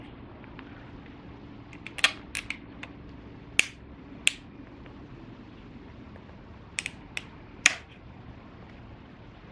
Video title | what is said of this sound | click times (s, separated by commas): 2002-2006 Chrysler Sebring and Dodge Stratus Radio Installation DIY How To | And they snap into place. | 3.6 s, 4.3 s, 7.7 s